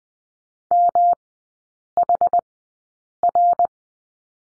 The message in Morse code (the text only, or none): MHR